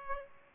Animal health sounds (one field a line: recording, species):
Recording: mosquito wingbeat signal from an infrared sensor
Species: Aedes aegypti